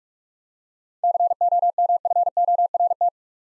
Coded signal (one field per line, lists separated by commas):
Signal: Morse code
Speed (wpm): 42 wpm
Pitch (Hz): 700 Hz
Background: none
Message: COMFORT